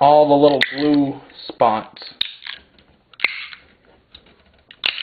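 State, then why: Released. Someone talks as a screwdriver is worked under the glued plastic top cover of a sealed lead acid battery and pried up. The glue bonds break with sharp snaps at 3.2 s and 4.9 s, and the cover snaps loose.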